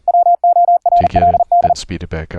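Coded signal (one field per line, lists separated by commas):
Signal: Morse code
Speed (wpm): 40 wpm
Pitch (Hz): 700 Hz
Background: speech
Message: WORLD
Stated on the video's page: Morse QSO over the internet, sent with ASIO straight key, iambic paddle and CW keyboard software, with audio routed through Mumble.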